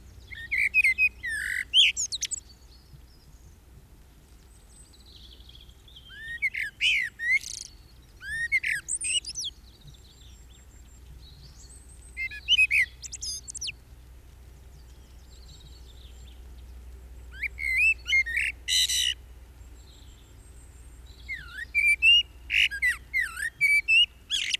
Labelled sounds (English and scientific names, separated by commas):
Common Blackbird (Turdus merula) song